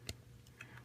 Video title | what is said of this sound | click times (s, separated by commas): Maketoys Quantron - QUANTRON (Combined Mode) | onto the side of the leg there everything snaps into place | 0.1 s